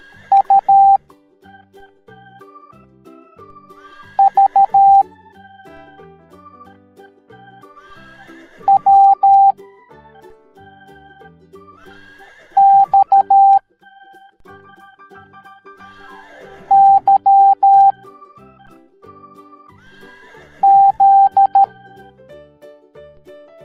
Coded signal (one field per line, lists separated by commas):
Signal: Morse code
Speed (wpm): 13 wpm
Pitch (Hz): 790 Hz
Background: music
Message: U V W X Y Z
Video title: Horses Teaching the Morse Code Alphabet Educational Video for Kids